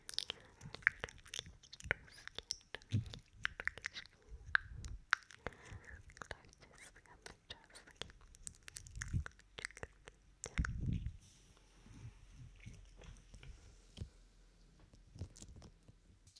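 Wet mouth sounds with sticky clicks and smacks, coming in quick irregular bursts throughout. Sharp snaps alternate with softer squelching, and a few heavier, lower moist sounds land around four, nine and eleven seconds. The background is otherwise quiet.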